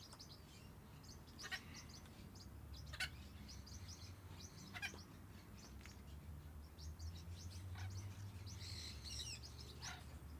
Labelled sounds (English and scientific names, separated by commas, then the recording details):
Red-fronted Macaw (Ara rubrogenys) call
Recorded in captivity
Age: adult
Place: Tiergarten Wilhelma/Stuttgart, Baden-Württemberg, DE
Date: 2005-03-14 15:30
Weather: heiter, 5-8°C
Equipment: Sony WM-D6C, Sony ECM-MS 907, Kopie Uher 4000 Report Monitor
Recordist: Tembrock, Günter